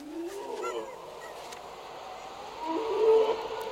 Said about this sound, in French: Vous avez entendu ça? Yeti encore, Sahib. Oh, taratata, c'est le vent dans la montagne.